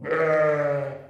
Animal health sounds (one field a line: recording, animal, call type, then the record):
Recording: contact call of a hoofed animal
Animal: sheep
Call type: low-frequency (closed-mouth) or high-frequency (open-mouth) call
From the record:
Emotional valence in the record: negative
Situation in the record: short social isolation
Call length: 1.10 s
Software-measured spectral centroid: 1230 Hz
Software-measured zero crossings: 1260 a second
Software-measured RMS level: -23 dBFS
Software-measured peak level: -12 dBFS